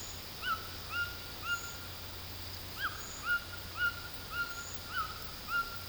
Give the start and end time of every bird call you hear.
0.43s-1.63s: bird call (0.7-4.1 kHz)
2.73s-5.64s: bird call (0.8-3.8 kHz)

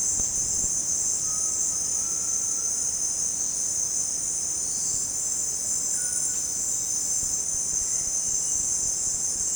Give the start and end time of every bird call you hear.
1.11s-2.89s: bird call (0.8-1.7 kHz)

